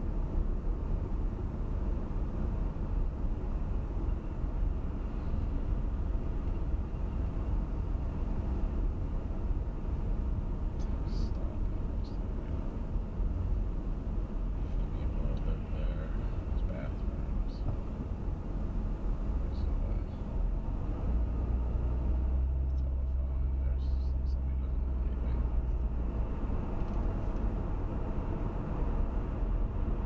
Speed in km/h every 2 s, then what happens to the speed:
34, 32, 32, 31, 31, 31, 29, 29, 27, 27, 32, 39, 45, 50, 53.
0-18 steady at about 31. 18-30 speeds up to 53.